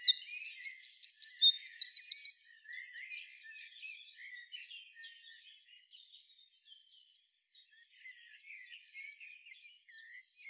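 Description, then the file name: Eurasian wren song ending in a shrill, fast rattling trill over about two seconds, followed by soft, scattered high chirps. "Troglodytes troglodytes"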